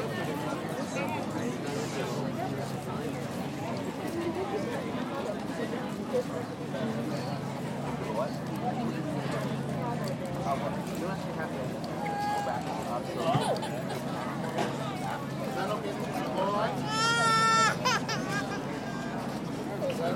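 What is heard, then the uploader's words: Crowd murmur fills a busy art fair as people walk through, many voices overlapping in a steady, dense babble. A low hum runs underneath throughout. Around 12 and 17 seconds, brief high-pitched tones cut through, the second one louder, like a squeal or whistle. Exploring the art fair, Madison. In Madison, Wisconsin, USA while walking though a crowed art fair using a pair of LOM mikroUši Pro microphones. Recorded by Daniel Braun.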